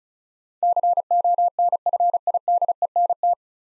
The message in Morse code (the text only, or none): CONFIDENT